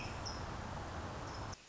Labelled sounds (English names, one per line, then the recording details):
American Robin
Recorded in Sonoma County, California